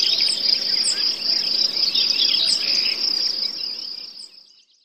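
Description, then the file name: Crickets and forest birds: crickets trill in a steady high shrill band while birds chirp and twitter over it; the whole sound fades away in the last second. Forest soundscape with birds and crickets. "les ptici kukushki sverchki zhuzhzhanie muhi"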